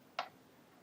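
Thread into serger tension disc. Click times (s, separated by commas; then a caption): 0.2 s. Needle thread on a Baby Lock Vibrant serger is drawn through the pre-tension guide and into the tension disc. A single short, sharp click is heard at 0.2 s, followed by near silence. The thread is seated in the tension disc.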